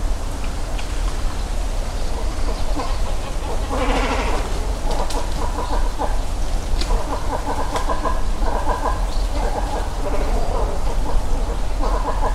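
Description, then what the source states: Great cormorants giving hoarse, gargling croaks and clucking grunts from several birds at once, calls bursting out repeatedly over a constant low background rumble. Great cormorant colony beginning to nest in Hayashi, Ritto City, Shiga Prefecture, Japan; EM172 stereo microphones attached to a tree about 30cm in diameter, Sony ECM-M10 recorder; only trimmed and normalized, no EQ or filters.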